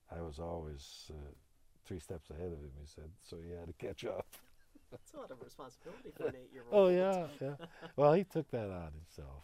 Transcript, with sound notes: I was always three steps ahead of him, he said, so he had to catch up. (he laughs)
That's a lot of responsibility for an eight year old.
Oh, yeah. (they laugh) Well, he took that on himself.